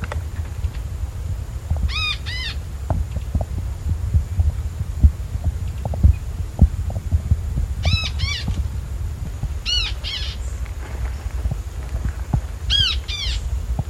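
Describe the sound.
Bird calls: short arched harmonic notes in pairs, given at about 2, 8, 10 and 13 seconds, over a steady low rumble with scattered clicks.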